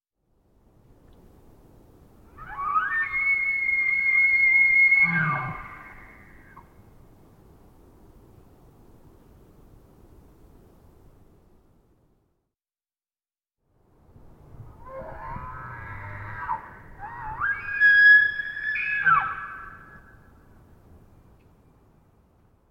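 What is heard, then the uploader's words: Two elk bugles ring out, one from about 2 to 6 seconds and another from about 14 to 20 seconds. Each is a high, wavering whistle over rough low grunting, the second longer and sliding upward. Between calls there is only a faint low rumble. Elk bugles, that most quintessential of elk sounds, isolated from Double mid-side soundscape original. Multiple herds surround campsite in early morning hours. Processed with light noise expansion. Recorded in the Beautiful Pacific Northwest in Washington, Untied States. Wild Elk Bugles.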